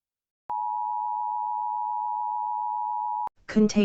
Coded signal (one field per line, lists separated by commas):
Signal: Emergency Alert System (SAME) tones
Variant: 853 and 960 Hz attention tone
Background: speech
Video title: EAS MALDEN